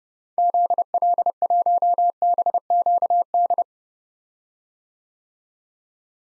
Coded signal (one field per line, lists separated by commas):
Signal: Morse code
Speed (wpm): 30 wpm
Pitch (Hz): 700 Hz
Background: none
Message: ZL1BQD